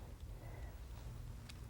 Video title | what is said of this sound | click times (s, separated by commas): Supplemental Nursing System--Breastfeeding Techniques That Work! by Kittie Frantz, RN, CPNP-PC | there we go so when you hear that snap then you know it's ready to go | 1.5 s